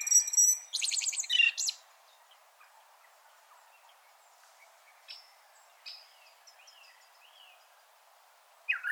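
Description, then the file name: Common blackbird song ending: a quick scratchy high twitter at the start, then near silence broken by a few faint thin notes and one last squeak. "Turdus merula"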